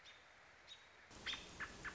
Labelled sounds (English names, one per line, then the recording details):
American Robin
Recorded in Sonoma County, California